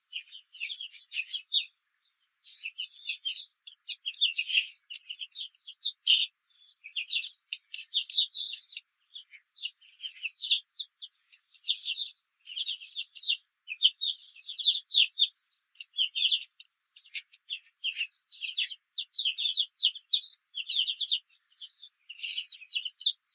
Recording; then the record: young laying hens in a cage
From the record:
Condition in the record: control cage, after the stress test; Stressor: none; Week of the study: 4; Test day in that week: 1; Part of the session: 2